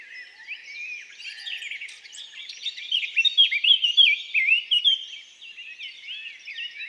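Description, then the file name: Eurasian blackcap song: a long, varied warble, scratchy at first, then louder with bright fluty notes in the middle, fading back to soft chatter. "Sylvia atricapilla"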